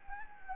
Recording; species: mosquito wingbeat signal from an infrared sensor; Anopheles gambiae